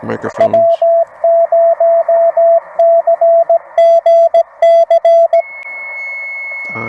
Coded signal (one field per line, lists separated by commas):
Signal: Morse code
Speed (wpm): 16 wpm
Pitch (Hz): 670 Hz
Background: speech, radio noise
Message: W0CGC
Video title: CW POTA at Land Between the Lakes. CW Copy Practice with subtitles. Follow Along!